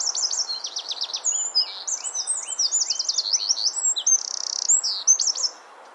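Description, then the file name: Eurasian wren song: a loud, rapid, high-pitched torrent of sharp notes and fast buzzy trills, continuous for about five and a half seconds over a faint background hiss. "Troglodytes troglodytes"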